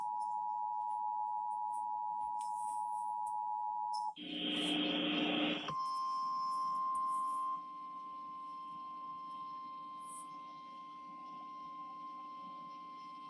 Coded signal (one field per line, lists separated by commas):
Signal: Emergency Alert System (SAME) tones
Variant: 853 and 960 Hz attention tone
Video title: Tornado Watch #35 EAS#140